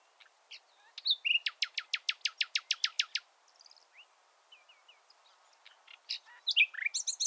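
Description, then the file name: Common nightingale song: soft introductory notes, then a rapid even run of sharp clicking notes, a few quiet notes, and a closing burst of varied notes. "Luscinia megarhynchos"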